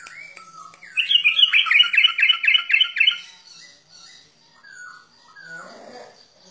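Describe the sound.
Bird song: a brisk, evenly repeated trilled phrase for two seconds, trailing off into softer, descending call notes.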